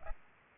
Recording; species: mosquito wingbeat signal from an infrared sensor; Aedes aegypti